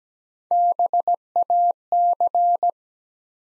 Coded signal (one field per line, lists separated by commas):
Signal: Morse code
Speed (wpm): 17 wpm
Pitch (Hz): 700 Hz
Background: none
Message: BAC